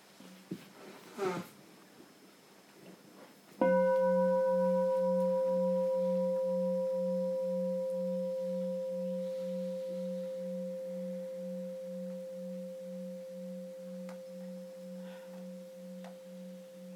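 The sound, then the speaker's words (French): A small bell is struck once and rings on with a long, slowly fading tone, its low hum gently pulsing, after a few soft rustles and breaths. “Je vais demander un petit son de cloche, s'il te plaît,”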